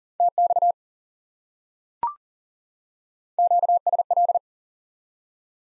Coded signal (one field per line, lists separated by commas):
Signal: Morse code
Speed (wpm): 40 wpm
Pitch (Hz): 700 Hz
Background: none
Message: TX QSL